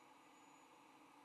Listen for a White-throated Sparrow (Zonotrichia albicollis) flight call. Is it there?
no